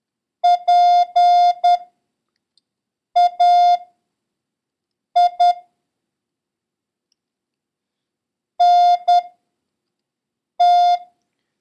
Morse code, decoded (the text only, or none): PAINT